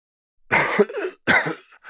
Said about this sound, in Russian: Последовал громкий кашель, затем тихий голос за углом заговорил снова.